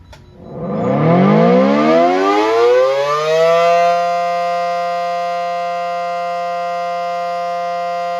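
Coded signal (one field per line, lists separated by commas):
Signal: siren signal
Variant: Federal Signal SD10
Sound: mechanical siren winds up over about four seconds, then holds a steady wail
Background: outdoor ambience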